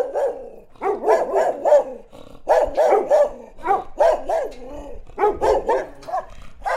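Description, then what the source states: Dog barking rapidly and almost continuously, in runs of three or four barks with short pauses. Dog barking in Listvyanka.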